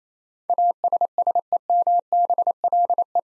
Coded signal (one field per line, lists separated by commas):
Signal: Morse code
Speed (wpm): 28 wpm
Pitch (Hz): 700 Hz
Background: none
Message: ASSEMBLE